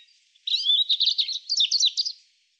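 European robin song, a fast run of high tinkling notes and short trills, wavering up and down for about two seconds.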